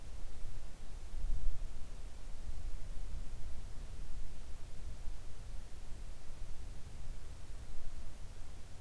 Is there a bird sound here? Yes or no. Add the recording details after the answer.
no. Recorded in the Arctic National Wildlife Refuge, Alaska, on 3 August 2019 at 06:07. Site 41